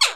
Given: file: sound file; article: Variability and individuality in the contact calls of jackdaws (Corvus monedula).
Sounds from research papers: jackdaw call; harmonic

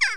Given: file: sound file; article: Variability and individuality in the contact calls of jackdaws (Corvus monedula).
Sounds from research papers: jackdaw call; harmonic

